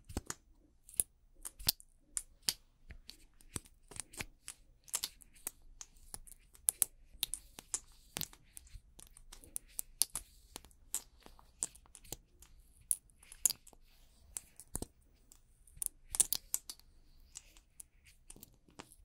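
Makeup and hair styling: sharp clicks and taps of tools and cases come irregularly, often in quick clusters, over a faint low hum.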